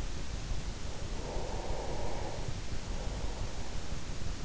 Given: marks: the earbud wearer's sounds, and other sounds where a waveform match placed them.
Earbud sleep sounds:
sounds in sleep by an in-ear microphone; breath
0.65-4.16 s: breath

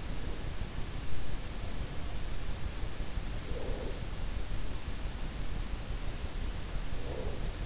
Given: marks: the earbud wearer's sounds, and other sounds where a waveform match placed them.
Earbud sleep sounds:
sounds in sleep by an in-ear microphone; breath
3.11-4.30 s: breath
6.63-7.66 s: breath

